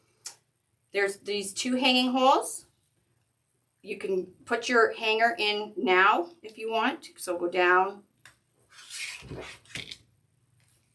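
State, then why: Seated. Someone talks, then a plastic zip tie is threaded through the hanging holes of a wire wreath board to make a hanger and pulled tight. The ratchet clicks at about 9.8 and 9.9 seconds as it seats and tightens.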